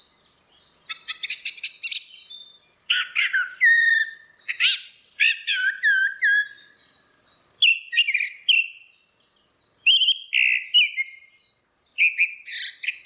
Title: Burung Anis Merah